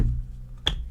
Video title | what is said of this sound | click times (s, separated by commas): Enforcer iPhone 12 Magsafe Power Bank Battery & Case, Better than Apple! - Review | pops right in so first off it does look like it has a little | 0.7 s